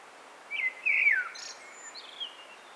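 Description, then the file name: Common blackbird delivering a brief fluted whistle that drops in pitch, then a sharp high squeak and a thin descending trailing note. "Turdus merula"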